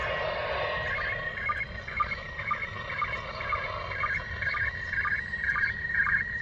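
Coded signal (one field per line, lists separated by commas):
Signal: SSTV (slow-scan television)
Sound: warbling, chirping tone around 2 kHz with a short low sync blip every half second, in hiss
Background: radio static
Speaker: this was a pretty impressive receipt when you think about it uh considering that it's now close to 40 degrees in altitude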